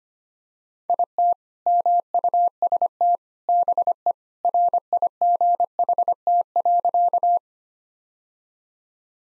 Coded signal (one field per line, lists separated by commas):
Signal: Morse code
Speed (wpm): 25 wpm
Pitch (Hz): 700 Hz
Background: none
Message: IT MUST BE RIGHT.